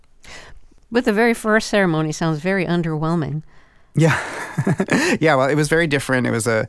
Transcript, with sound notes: But the very first ceremony sounds very underwhelming.
Yeah (laughter). Yeah, well, it was very different.